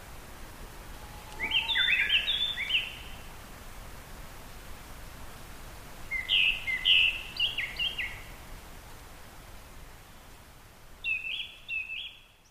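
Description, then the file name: Japanese thrush song: three phrases of bright, varied whistled notes tumbling quickly together, spaced by pauses, over steady background noise. "kurotsu"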